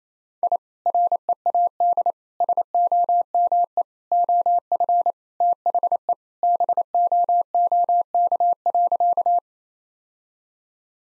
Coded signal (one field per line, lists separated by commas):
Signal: Morse code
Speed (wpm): 28 wpm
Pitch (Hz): 700 Hz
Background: none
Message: I READ SOME OF THE BOOK.